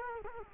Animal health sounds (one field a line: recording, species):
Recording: mosquito wingbeat signal from an infrared sensor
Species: Culex quinquefasciatus